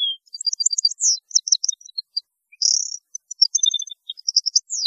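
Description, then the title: European goldfinch song: rapid, bright twittering mixed with a harsh buzzy note and quick descending slurs, continuous throughout. "Chant Chardonneret"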